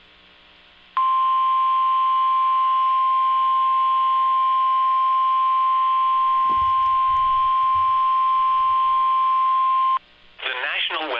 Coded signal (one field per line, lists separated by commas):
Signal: Emergency Alert System (SAME) tones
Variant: 1050 Hz attention tone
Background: speech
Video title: Severe Thunderstorm Warning (Kingfisher, Oklahoma, Logan, Canadian Counties, OK) (11/3/24) [EAS #83]